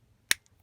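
A plastic cap is snapped onto the barrel of a Chalkola chalk marker, giving one sharp, loud click at 0.3 s followed by a faint tick at 0.5 s. The cap is seated securely, so the marker is capped and the cap won't come off.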